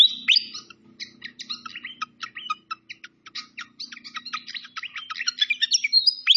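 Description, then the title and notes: Malaysian pied fantail song, a fast run of short high chirps and squeaky notes with a few rising whistles. Masteran training recording of clear-voiced song, mixed with the sound of flowing, babbling water. "Masteran Sikatan Kipas Suara Jernih Dan Suara Gemericik Air. Suara Burung Sikatan Londo"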